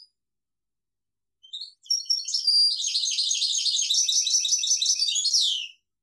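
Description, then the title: European goldfinch song: a few soft introductory notes, then a sustained four-second stream of bright, buzzy twitters ending in a downward slur. "Chant Chardonneret"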